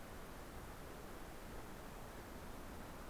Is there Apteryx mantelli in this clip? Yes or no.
no